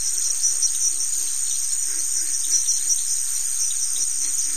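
Crickets giving a sustained high-pitched trill that pulses slightly in strength, with faint low ticking behind it.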